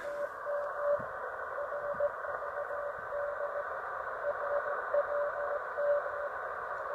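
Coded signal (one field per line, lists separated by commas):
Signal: radio time signal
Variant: RWM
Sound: faint steady low beep tone with brief brighter pulses, under hissing shortwave noise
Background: radio static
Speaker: I'm receiving RWM Moscow on 9.996 megahertz, which is a 5 kilowatt transmission, not quite as strong as 14.996. And it's just come back on.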